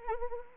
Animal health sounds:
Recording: mosquito wingbeat signal from an infrared sensor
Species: Anopheles arabiensis

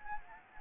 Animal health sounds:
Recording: mosquito wingbeat signal from an infrared sensor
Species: Anopheles gambiae

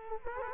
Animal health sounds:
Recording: mosquito wingbeat signal from an infrared sensor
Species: Culex quinquefasciatus

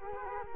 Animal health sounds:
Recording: mosquito wingbeat signal from an infrared sensor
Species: Culex quinquefasciatus

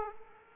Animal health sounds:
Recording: mosquito wingbeat signal from an infrared sensor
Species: Aedes aegypti

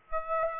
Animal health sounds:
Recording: mosquito wingbeat signal from an infrared sensor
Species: Aedes aegypti

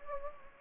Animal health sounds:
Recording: mosquito wingbeat signal from an infrared sensor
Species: Anopheles gambiae

